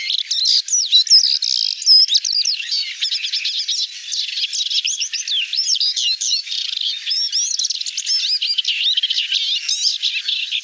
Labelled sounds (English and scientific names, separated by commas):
Paddyfield Warbler (Acrocephalus agricola) song